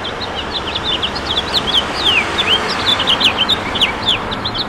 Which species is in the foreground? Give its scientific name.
Haemorhous mexicanus